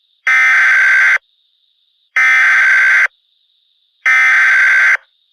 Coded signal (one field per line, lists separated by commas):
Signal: Emergency Alert System (SAME) tones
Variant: header bursts